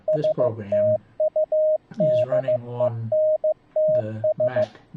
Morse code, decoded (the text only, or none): STUDENTS